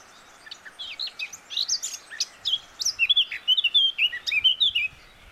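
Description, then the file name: Eurasian blackcap singing: a hurried jumble of scratchy notes gives way to a bright series of fluty, whistled phrases with a steady beat. "Sylvia atricapilla"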